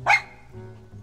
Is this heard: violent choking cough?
no